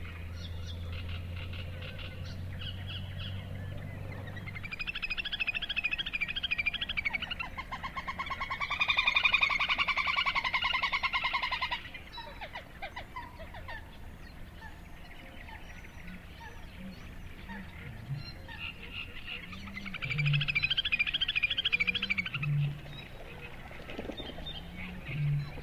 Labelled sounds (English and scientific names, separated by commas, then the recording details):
Little Grebe (Tachybaptus ruficollis) call
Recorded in the wild
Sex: diverse
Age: adult
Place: Kützerhof, Kummerower See, Mecklenburg-Vorpommern, DE
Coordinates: 53.8514, 12.8764
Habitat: wetland
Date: 2010-05-19 21:21
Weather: overcast, 12°C, almost no wind
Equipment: Sound Devices 702, Sennheiser MKH 70, Rycote Windschutz
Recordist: Frommolt, Karl-Heinz